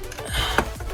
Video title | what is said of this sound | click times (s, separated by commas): ￼ j’ai acheté cette réglette pour seulement cinq euros !!? | Hop là. Du coup c'est bon, c'est clipsé. | 0.6 s